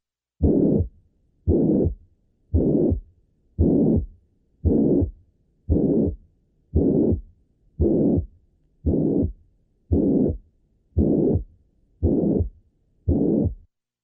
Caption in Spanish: Un soplo holosistólico muy áspero, con intensidad máxima a nivel de la punta, debe hacernos sospechar una insuficiencia mitral debida a ruptura de las cuerdas tendinosas.